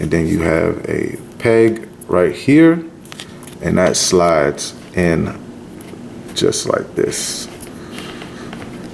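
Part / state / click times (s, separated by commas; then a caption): plastic front section of toy swoop bike onto bike body / not seated / none. Someone talks while sliding the plastic front section of a Star Wars Black Series Enfys Nest's Swoop Bike toy onto its peg on the bike body, with soft plastic handling taps and rustles toward the end. Nothing has seated or clicked into place yet.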